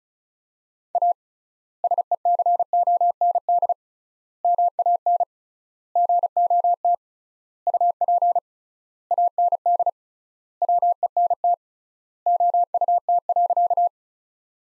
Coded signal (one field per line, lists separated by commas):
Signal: Morse code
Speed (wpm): 36 wpm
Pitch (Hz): 700 Hz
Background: none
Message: A SECOND MAN GOT UP AND WENT OUT.